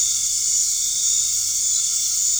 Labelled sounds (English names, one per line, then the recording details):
none
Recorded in dense forest near Puerto Asís, Putumayo, Colombia, on 13 March 2025 at 19:30
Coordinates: 0.485, -76.318
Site G056